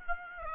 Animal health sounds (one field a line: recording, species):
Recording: mosquito wingbeat signal from an infrared sensor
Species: Aedes aegypti